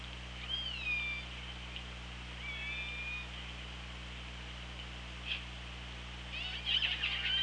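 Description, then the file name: Orca calls: several short tonal calls at intervals over constant underwater hiss and a low droning hum. Recorded by the OrcaLab hydrophone on 24 August 2017 at 17:27. "Orca Lab UTLN 20170824 172706"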